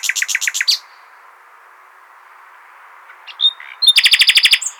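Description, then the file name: Common nightingale song: a fast run of repeated clicking notes, a pause, a single whistle, then a rapid rattling series of identical high notes. "Luscinia megarhynchos"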